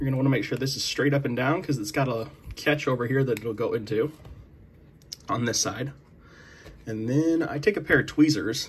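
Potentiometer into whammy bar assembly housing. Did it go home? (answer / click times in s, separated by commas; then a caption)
yes / 5.1 s. A potentiometer is slid through the recess of a whammy bar assembly housing and pushed home so its tab drops into a catch, while someone talks. A sharp click at 5.1 s marks it seating in place, and the talking resumes afterward.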